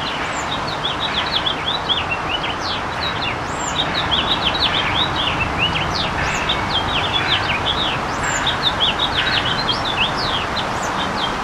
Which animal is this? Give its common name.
House Finch